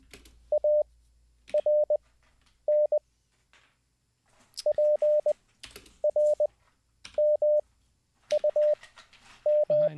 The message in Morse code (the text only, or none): ARN PRMUM